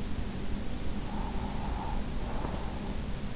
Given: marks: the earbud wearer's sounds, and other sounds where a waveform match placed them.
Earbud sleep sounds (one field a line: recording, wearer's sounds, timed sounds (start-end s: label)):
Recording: sounds in sleep by an in-ear microphone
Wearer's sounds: breath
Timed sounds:
0.84-3.05 s: breath